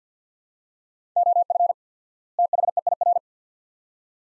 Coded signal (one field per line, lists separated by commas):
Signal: Morse code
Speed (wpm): 50 wpm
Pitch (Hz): 700 Hz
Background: none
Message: OF THEIR